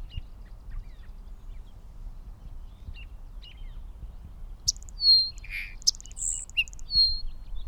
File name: sierra madre sparrow